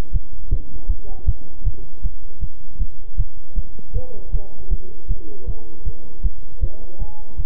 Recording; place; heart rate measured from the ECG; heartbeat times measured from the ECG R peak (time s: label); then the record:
heart sounds by stethoscope; between the tricuspid and mitral areas; 157 bpm
0.12 s: heartbeat
0.49 s: heartbeat
0.87 s: heartbeat
1.25 s: heartbeat
1.63 s: heartbeat
2.02 s: heartbeat
2.40 s: heartbeat
2.78 s: heartbeat
3.16 s: heartbeat
3.54 s: heartbeat
3.93 s: heartbeat
4.31 s: heartbeat
4.69 s: heartbeat
5.07 s: heartbeat
5.45 s: heartbeat
5.84 s: heartbeat
6.22 s: heartbeat
6.60 s: heartbeat
6.98 s: heartbeat
7.36 s: heartbeat
From the record:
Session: bicycle stress test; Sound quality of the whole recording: good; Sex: male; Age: 26 years